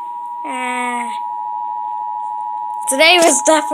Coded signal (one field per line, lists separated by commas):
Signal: Emergency Alert System (SAME) tones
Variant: 853 and 960 Hz attention tone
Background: speech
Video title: EAS 172 - Severe Thunderstorm Warning